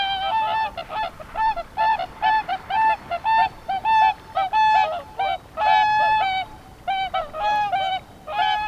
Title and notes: Zemitz, Mecklenburg-Vorpommern, Deutschland - Singschwäne sind da. Whooper Swan are there. 5 or 6 Whooper swans singing on Peene river